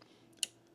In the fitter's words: so I plug it in I heard it click